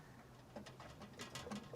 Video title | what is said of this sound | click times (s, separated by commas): Ooni Koda 2 - How to Connect the Digital Temperature Hub - Should You Buy It? | Just a little click to get that in. There it is. | 1.4 s